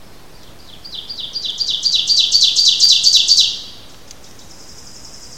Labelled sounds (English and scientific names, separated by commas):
Ovenbird (Seiurus aurocapilla) song